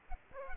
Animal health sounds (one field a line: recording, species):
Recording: mosquito wingbeat signal from an infrared sensor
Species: Aedes aegypti